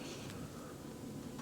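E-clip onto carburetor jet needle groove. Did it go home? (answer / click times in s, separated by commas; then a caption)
no / none. A small metal E-clip is handled against the middle groove of the jet needle from a Mikuni VM38 carburetor, being pressed toward the groove to snap it in place. Steady low handling noise runs throughout, with a brief sharp sound near 0.3 s. The clip has not seated or clicked into the groove yet.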